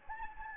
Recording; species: mosquito wingbeat signal from an infrared sensor; Anopheles gambiae